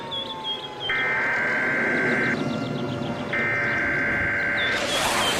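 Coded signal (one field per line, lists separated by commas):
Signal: Emergency Alert System (SAME) tones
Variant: header bursts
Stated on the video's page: Fictional EAS scenario depicting a Second American Civil War spilling over into Canada; a simulated alert, not real.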